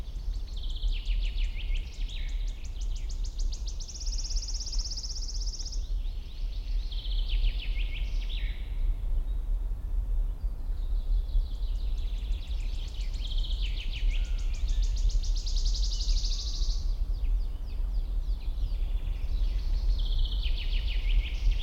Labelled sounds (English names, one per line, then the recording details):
Common Chaffinch
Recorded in the wild
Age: adult
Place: Mühlenbecker Wald, Brandenburg, DE
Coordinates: 52.689, 13.356
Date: 1993-05-08 11:20
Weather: sonnig, ca. 23 °C
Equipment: Marantz CP 430, Sennheiser ME 80, Kopie Uher Variocord 263
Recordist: Tembrock, Günter